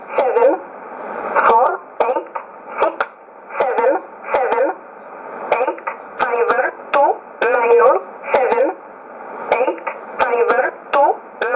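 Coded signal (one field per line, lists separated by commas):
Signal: numbers station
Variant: E11 Oblique, English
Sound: single voice reading short words, evenly spaced, over band-limited shortwave audio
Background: radio static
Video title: 30 09 2018 E11 Oblique Numbers station in English to Eu 0808 on 9200 unknown tx site in USB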